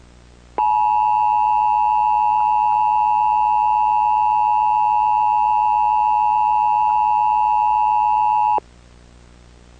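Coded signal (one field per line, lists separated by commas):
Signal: Emergency Alert System (SAME) tones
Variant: 853 and 960 Hz attention tone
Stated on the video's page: Mock Texas required monthly test made with an EASyPLUS screen, using a daisy-chain audio effect.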